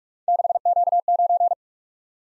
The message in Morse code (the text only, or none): 6Q9